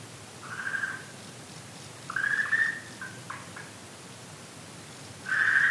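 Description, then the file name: Okinawa green tree frog calls: short, level, croaking-whistled notes spaced a second or more apart, with a faint rattling pulse between them and steady background hiss. "okinawaaogaeru"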